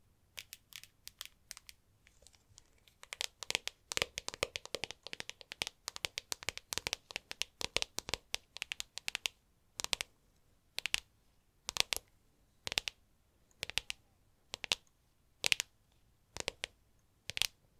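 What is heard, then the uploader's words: Sharp tapping clicks, quick and irregular in clusters through the first nine seconds, then slowing to single taps about once a second. ASMR Tapping To Help You Sleep (No Talking).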